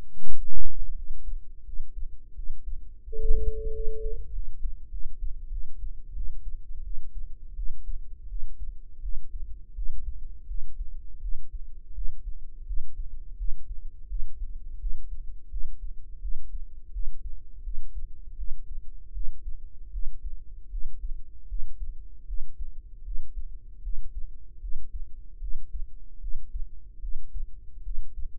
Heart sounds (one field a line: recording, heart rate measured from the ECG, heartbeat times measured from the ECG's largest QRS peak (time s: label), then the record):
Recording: heart sounds by microphone in the right ear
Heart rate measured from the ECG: 83 bpm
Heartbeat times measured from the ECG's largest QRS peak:
0.24 s: heartbeat
0.94 s: heartbeat
1.63 s: heartbeat
2.34 s: heartbeat
3.03 s: heartbeat
3.71 s: heartbeat
4.31 s: heartbeat
4.89 s: heartbeat
5.50 s: heartbeat
6.13 s: heartbeat
6.83 s: heartbeat
7.55 s: heartbeat
8.28 s: heartbeat
9.01 s: heartbeat
9.74 s: heartbeat
10.47 s: heartbeat
11.21 s: heartbeat
11.94 s: heartbeat
12.66 s: heartbeat
13.37 s: heartbeat
14.08 s: heartbeat
14.79 s: heartbeat
15.50 s: heartbeat
16.21 s: heartbeat
16.92 s: heartbeat
17.63 s: heartbeat
18.36 s: heartbeat
19.13 s: heartbeat
19.91 s: heartbeat
20.70 s: heartbeat
21.48 s: heartbeat
22.26 s: heartbeat
23.04 s: heartbeat
23.82 s: heartbeat
24.60 s: heartbeat
25.40 s: heartbeat
26.20 s: heartbeat
27.00 s: heartbeat
27.83 s: heartbeat
From the record:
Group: healthy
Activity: rest 0-6 s, breath hold 6-28 s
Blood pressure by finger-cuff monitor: 96/57 mmHg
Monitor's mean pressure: 70 mmHg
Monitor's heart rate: 83 bpm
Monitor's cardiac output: 7.4 L/min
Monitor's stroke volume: 91 mL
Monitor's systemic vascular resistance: 690 dyn s/cm5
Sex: female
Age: 19 years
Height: 163 cm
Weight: 48.9 kg